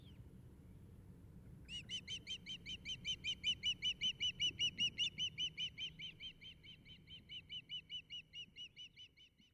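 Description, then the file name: Osprey calls: a long, rapid series of clear, whistled piping notes, swelling in loudness, fading, swelling again and then tapering off, over a faint low rumble. Recorded in 2012. "Fischadler 2012-Jürgen Hochfeld Wildlife Recordings"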